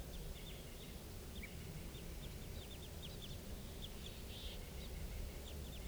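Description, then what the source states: Crossbill calls: short sharp high notes repeated in loose series over steady low background noise. Calling from a tree above a camp in a small clearing at 4:57 p.m.; flock of perhaps five birds.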